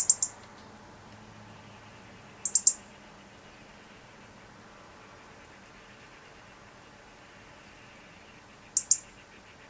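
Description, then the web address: European robin producing a few short bursts of two or three high ticks, with several seconds of near silence between them. "SETE Erithacus rubecula"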